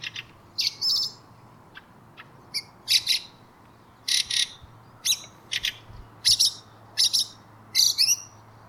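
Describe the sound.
Bird chirping in short bright bursts, quick clusters of high notes repeated roughly every half second to second, over a faint low hum.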